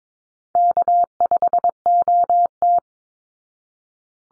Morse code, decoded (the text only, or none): K5OT